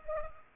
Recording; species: mosquito wingbeat signal from an infrared sensor; Culex pipiens